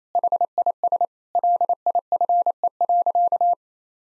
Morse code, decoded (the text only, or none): HIS LIFE.